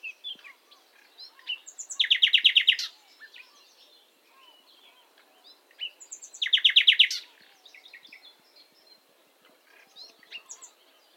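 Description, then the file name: Common nightingale singing two strophes, each climaxing in a fast, loud rattle of repeated throbbing notes, separated by quieter varied whistles and chirps. "Luscinia megarhynchos"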